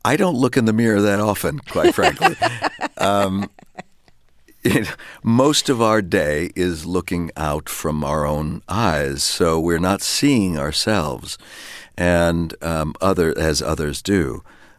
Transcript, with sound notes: I don't look in the mirror that often, quite frankly. (Laughing) Most of our day is looking out from our own eyes, so we're not seeing ourselves and others - as others do.